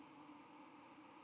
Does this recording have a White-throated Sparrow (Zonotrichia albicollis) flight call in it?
yes